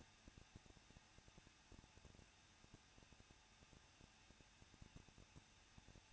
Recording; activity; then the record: daily activity, microphone in the room; no activity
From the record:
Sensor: 2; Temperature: 21.0 degrees Celsius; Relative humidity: 37.4%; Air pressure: 1006.2 hPa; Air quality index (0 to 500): 222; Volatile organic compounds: 24 ppm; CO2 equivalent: 2820 ppm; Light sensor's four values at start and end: 2/3/2/2 and 2/3/2/2